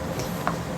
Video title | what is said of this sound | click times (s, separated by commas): Medela Symphony - How to use the Medela Symphony Breast Pump - Medela symphony vs Pump In Style | this, and you make sure it clicks in, and you want to do that with both sides. | 0.5 s